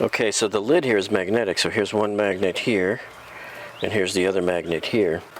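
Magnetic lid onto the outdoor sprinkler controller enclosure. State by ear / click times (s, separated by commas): not seated / none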